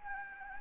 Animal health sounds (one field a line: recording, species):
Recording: mosquito wingbeat signal from an infrared sensor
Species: Anopheles gambiae